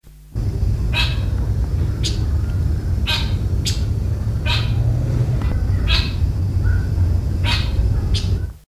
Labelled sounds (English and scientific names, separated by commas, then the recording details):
Tawny-shouldered Blackbird (Agelaius humeralis) call
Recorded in captivity
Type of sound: call
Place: Zoo Frankfurt, Rheinland-Pfalz, DE
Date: 1969-10-02
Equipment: Halbspur, 9,5 cm/s
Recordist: Lütgens, Hans
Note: Rufe